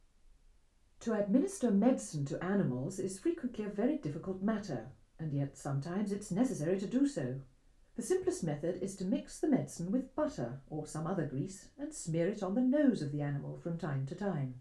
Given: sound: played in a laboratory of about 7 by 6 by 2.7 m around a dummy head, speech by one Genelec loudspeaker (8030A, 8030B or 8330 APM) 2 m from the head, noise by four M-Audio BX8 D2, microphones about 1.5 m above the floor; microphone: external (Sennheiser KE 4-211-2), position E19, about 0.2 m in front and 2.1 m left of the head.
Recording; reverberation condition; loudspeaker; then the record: female speech in English; low; 120 degrees to the left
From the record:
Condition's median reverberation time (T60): about 310 ms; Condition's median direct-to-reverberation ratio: about 3.5 dB